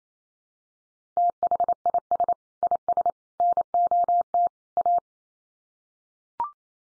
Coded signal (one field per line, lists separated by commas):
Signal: Morse code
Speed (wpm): 28 wpm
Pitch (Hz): 700 Hz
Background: none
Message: THIS IS NOT A